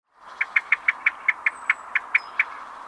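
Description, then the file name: Common blackbird giving a rapid, even series of about eleven sharp chinking notes, like a rattle, against a soft background hiss. "Turdus merula"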